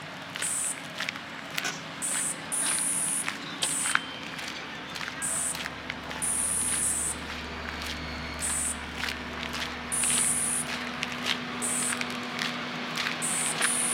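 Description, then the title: Crickets chirping in high, pulsed bursts that start and stop irregularly, over a steady hiss with scattered clicks. "grillos"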